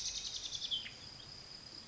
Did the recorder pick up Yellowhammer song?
no